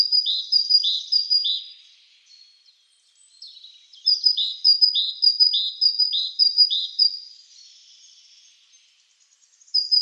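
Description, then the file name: Great tit song: a bright two-note phrase, high then lower, repeated rapidly in a series, a pause, then a second run of phrases. "BOGATKA"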